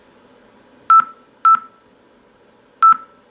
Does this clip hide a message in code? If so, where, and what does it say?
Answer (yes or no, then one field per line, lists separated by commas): no